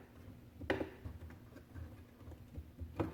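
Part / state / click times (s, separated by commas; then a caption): drawer box front locking devices onto undermount drawer slides / seated / 0.7 s. A drawer box is pushed onto Blum soft-close undermount drawer slides until its front locking devices engage. A sharp click at 0.7 s marks the lock seating, followed by a faint tap near 1.3 s and another clear tick at 3.0 s over low background noise. The drawer box is locked onto the slides.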